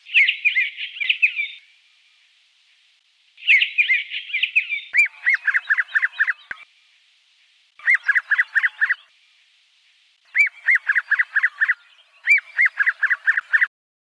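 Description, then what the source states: Hooded robin giving buzzy chattering bursts, then quick series of short, clipped notes repeated in runs of six to eight, separated by brief pauses. Garden bird recorded in Canberra.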